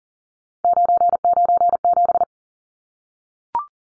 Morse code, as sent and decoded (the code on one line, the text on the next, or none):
----. ----. --...
997